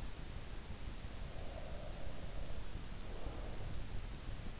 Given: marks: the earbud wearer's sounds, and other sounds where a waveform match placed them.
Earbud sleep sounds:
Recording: sounds in sleep by an in-ear microphone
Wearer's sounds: breath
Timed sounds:
1.33-3.73 s: breath

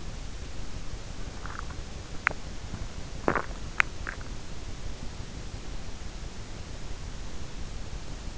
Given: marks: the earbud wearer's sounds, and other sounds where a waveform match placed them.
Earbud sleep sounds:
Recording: sounds in sleep by an in-ear microphone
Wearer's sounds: teeth grinding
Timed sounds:
1.09-4.13 s: teeth grinding

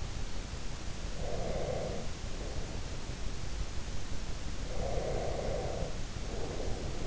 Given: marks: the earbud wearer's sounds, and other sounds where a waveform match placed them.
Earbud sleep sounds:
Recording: sounds in sleep by an in-ear microphone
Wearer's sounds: breath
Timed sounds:
1.13-2.13 s: breath
4.79-7.07 s: breath

